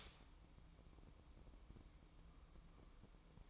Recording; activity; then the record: daily activity, microphone in the room; stop toaster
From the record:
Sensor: 1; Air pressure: 1007.3 hPa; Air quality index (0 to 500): 78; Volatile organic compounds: 1 ppm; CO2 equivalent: 678 ppm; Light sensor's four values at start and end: 7/17/7/8 and 7/17/7/8